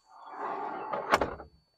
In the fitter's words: locks in place, and I could go ahead and put my grill up there for tailgating.